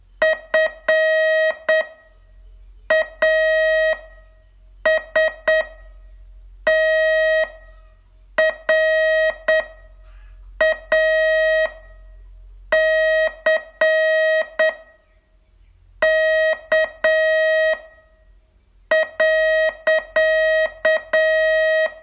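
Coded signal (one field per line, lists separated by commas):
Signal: Morse code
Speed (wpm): 8 wpm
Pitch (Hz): 630 Hz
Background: none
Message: FASTRACK.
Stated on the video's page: Morse training test, day 26 of a 42-day course.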